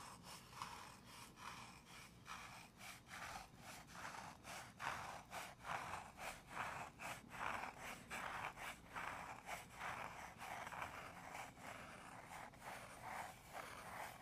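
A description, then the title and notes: Gentle tapping and scratching at a medium pace, with a steady stream of quick taps arriving a few times per second across the whole stretch. Beneath them runs a continuous dry, raspy scratching. The level stays fairly even throughout, swelling and easing slightly. ASMR medium gentle tapping and scratching.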